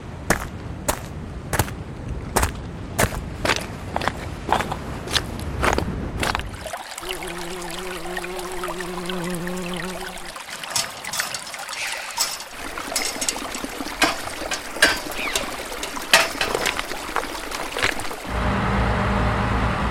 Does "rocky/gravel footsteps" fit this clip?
yes